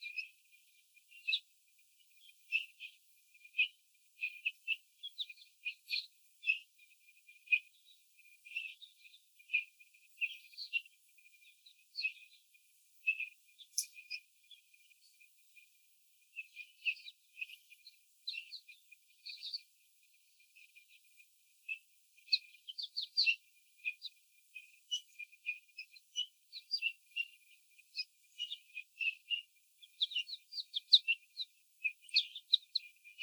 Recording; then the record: young laying hens in a cage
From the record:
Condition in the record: before the stressor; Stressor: sudden umbrella opening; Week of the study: 3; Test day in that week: 2